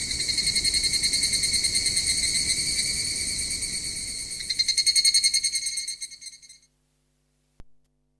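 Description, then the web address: Evening cicada giving a high metallic drone that breaks into separate loud pulses near the end, then fades out, followed by a brief click. "sikioto insect higurashi"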